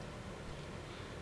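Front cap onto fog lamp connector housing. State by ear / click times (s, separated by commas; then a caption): not seated / none. A plastic front cap is lined up with the groove and notch on a fog lamp connector housing before being pushed on. Only a steady broadband hiss is heard, with no distinct transients. Nothing has seated or clicked yet.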